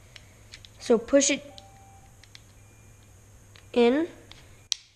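A part, the slide assembly or takedown lever, is pushed back into the frame of a Sig Sauer 1911 .22 pistol during reassembly. Someone talks over faint small ticks before a sharp, loud click at 4.7 s that marks the part seating into place.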